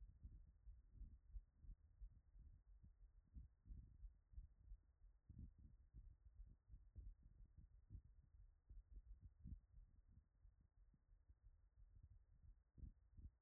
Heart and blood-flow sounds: heart sounds by stethoscope after running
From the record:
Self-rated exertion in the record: vigorous exertion (4 of 6); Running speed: 6 mph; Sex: female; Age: 18 years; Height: 171 cm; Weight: 75 kg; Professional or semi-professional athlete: no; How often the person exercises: 1 to 2 times a week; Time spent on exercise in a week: under 1 hour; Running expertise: no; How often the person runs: 1 to 2 times a week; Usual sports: running, fencing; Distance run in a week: 3 km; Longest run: 21.3 km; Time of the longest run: 190 minutes

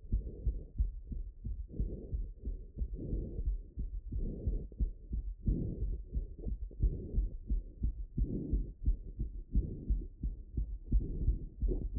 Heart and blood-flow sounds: heart sounds by stethoscope after running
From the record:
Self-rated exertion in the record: very light exertion (1 of 6); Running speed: 6 mph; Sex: male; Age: 19 years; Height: 183 cm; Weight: 68 kg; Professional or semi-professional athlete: no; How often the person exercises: 1 to 2 times a week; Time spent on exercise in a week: 2 to 3 hours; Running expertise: yes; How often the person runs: under once a week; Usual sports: volleyball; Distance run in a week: 6 km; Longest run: 10 km

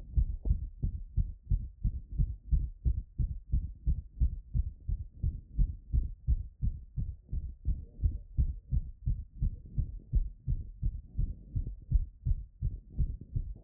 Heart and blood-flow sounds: heart sounds by stethoscope after running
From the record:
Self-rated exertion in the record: light exertion (2 of 6); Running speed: 6 mph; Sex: male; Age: 19 years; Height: 175 cm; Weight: 69 kg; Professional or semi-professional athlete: no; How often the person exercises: 1 to 2 times a week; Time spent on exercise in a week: 1 to 2 hours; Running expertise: no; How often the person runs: under once a week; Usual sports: soccer

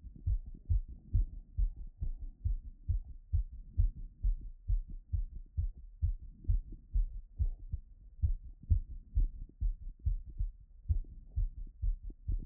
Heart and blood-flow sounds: heart sounds by stethoscope after running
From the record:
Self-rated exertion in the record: moderate exertion (3 of 6); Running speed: 5 mph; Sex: male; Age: 31 years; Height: 178 cm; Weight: 72 kg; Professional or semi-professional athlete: no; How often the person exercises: 3 to 5 times a week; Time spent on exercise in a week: 2 to 3 hours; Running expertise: yes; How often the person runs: 3 to 5 times a week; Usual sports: running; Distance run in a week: 5 km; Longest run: 10 km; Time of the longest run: 65 minutes

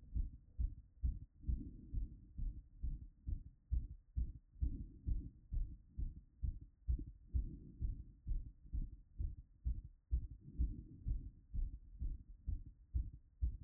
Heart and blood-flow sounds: heart sounds by stethoscope after running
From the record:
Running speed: 6 mph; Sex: male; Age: 20 to 29 years

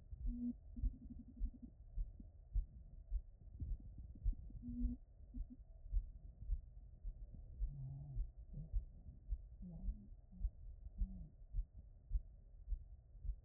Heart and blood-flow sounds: heart sounds by stethoscope after running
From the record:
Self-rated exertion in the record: light exertion (2 of 6); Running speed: 5 mph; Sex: male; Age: 59 years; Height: 175 cm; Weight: 70 kg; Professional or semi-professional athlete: no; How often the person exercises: 3 to 5 times a week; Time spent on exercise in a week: over 5 hours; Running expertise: yes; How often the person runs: 3 to 5 times a week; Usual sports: running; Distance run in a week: 20 km

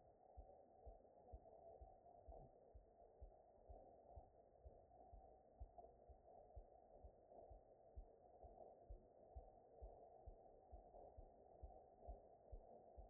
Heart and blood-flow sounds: heart sounds by stethoscope after running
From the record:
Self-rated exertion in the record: vigorous exertion (4 of 6); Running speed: 9 mph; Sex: male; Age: 23 years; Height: 172 cm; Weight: 73 kg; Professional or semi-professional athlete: no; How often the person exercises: 3 to 5 times a week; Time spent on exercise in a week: over 5 hours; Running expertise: yes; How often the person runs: 3 to 5 times a week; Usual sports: running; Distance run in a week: 40 km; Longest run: 20 km

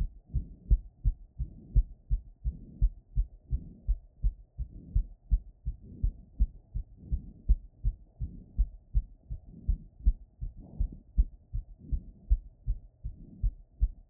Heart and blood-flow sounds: heart sounds by stethoscope after running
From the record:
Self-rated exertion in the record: vigorous exertion (4 of 6); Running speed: 9 mph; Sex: female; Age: 28 years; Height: 155 cm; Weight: 44 kg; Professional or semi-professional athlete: no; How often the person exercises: 3 to 5 times a week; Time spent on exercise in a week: over 5 hours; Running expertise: yes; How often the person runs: 3 to 5 times a week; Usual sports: running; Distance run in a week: 45 km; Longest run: 32 km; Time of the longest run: 200 minutes

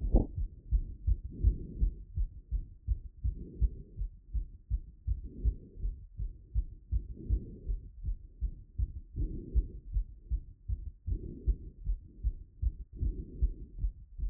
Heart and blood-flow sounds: heart sounds by stethoscope after running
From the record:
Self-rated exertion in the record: moderate exertion (3 of 6); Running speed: 7 mph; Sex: female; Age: 23 years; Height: 163 cm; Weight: 70 kg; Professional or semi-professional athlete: no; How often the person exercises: 1 to 2 times a week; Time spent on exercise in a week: 1 to 2 hours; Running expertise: no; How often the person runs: 1 to 2 times a week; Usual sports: running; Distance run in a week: 7 km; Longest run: 7 km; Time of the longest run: 50 minutes

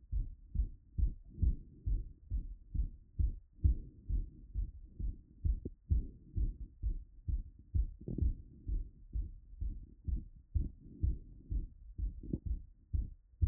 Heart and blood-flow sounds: heart sounds by stethoscope after running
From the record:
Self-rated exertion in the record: moderate exertion (3 of 6); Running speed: 9 mph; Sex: male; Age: 37 years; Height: 174 cm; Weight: 76 kg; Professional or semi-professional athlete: no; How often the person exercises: over 5 times a week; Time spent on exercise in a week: over 5 hours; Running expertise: yes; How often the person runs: 3 to 5 times a week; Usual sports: running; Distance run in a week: 70 km

